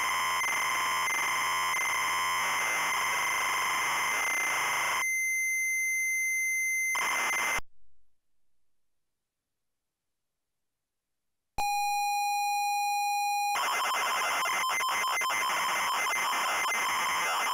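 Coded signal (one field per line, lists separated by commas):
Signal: ZX Spectrum tape loading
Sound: harsh screeching data, a pause, a steady low pilot tone, then screeching data again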